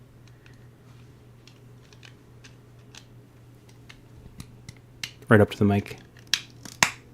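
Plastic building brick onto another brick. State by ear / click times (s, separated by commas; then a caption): seated / 6.3 s, 6.8 s. A plastic toy building brick is pressed onto another brick right up to the microphone to get a clear click, over a steady low hum with faint ticks and handling noise. Someone talks, then two sharp, loud clicks ring out at 6.3 s and 6.8 s as the studs seat. The bricks click together and are seated.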